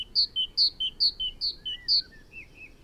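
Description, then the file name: Great tit repeating a two-note high-low phrase about five times, followed by a few soft, wavering notes. "Parus major"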